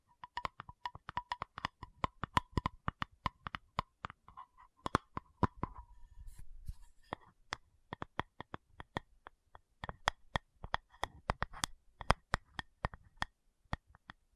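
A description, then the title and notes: A tapping session of quick, sharp taps in uneven bursts, with a brief softer rustling stretch around the middle before the tapping resumes. Tapping Session (No Talking).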